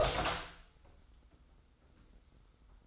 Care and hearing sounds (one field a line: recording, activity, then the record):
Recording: daily activity, microphone in the room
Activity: open door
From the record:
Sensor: 3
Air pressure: 990.4 hPa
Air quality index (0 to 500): 171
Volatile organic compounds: 1000 ppm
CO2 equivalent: 5541 ppm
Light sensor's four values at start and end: 48/113/46/44 and 48/113/46/44